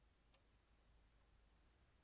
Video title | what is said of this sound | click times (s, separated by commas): MW 305 Oiling Brass Valves | you hear that little click and it actually just sort of drops into place I'll do it one more time | 0.3 s